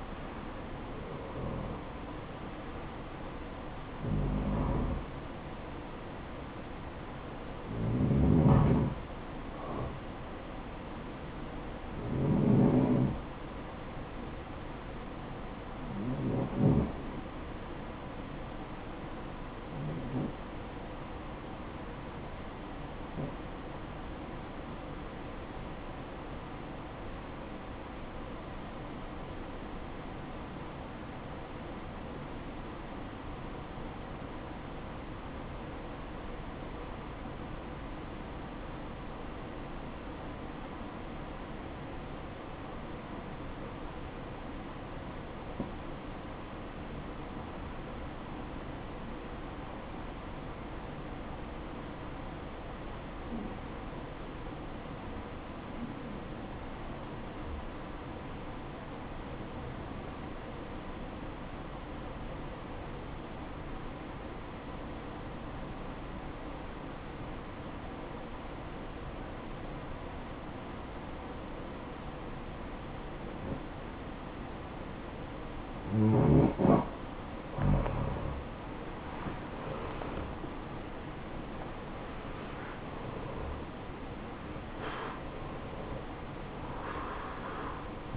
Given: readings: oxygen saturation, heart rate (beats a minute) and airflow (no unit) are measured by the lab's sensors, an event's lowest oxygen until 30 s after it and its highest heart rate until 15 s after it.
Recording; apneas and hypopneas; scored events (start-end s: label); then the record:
breathing in sleep by a voice recorder at the bedside; 1
27.00-76.00 s: obstructive apnea (REM, oxygen 94% highest, then 80% lowest, heart rate 60 at the start, 81 highest)
From the record:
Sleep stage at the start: REM sleep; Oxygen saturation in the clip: 80 to 94%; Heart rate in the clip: 59 to 81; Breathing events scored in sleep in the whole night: 573 in 9.8 hours asleep